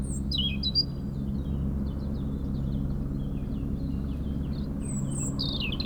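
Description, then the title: European robin song, high twittering phrases at the start and a bright sliding phrase at the end, quieter notes between, over a low engine rumble. Singing in a hedge near Lac du Bourget, Brison-Saint-Innocent, France, during helicopter lifting work on the Colombière cliff, engine sound echoing off Mont Corsuet; Zoom H4n Pro placed vertically on ground. "4 Chem. de la Pointe Forestier, 73100 Brison-Saint-Innocent, France - Duo rouge-gorge hélicoptère."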